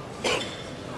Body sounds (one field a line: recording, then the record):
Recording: coughing mixed with background sound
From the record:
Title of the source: 61 morning phlegmy cough...again